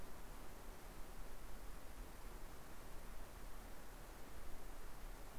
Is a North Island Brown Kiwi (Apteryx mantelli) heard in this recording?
no